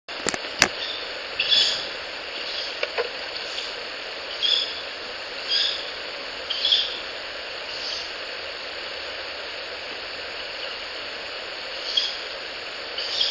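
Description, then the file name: Ural Owl chick giving short, raspy hissing calls, repeated at irregular intervals, over a steady background hiss and high whine, with a few sharp knocks at the start. Chick, recorded 10 May 2022 at 18:21. "フクロウ雛 2205101821 遠藤"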